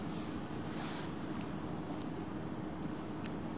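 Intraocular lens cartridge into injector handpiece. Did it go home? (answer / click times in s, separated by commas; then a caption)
no / none. A loaded plastic cartridge holding an Acrysof Cachet phakic intraocular lens is pushed into a Monarch injector handpiece. Over a steady low hum, two faint, brief ticks occur around 1.4 and 3.3 seconds. The cartridge has not yet clicked into place or seated by the end.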